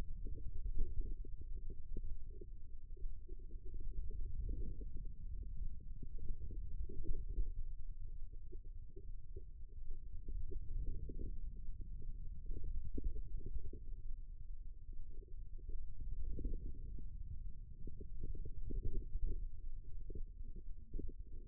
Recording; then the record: forearm muscle sounds (acoustic myography)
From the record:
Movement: ulnar deviation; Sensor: system 2, bracelet of six BSWA MPA416 microphones around the upper forearm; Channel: 3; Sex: female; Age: 25 years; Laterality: right